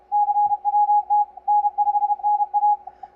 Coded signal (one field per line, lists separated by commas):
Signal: Morse code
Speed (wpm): 33 wpm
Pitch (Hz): 830 Hz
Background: none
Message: CWT N5NA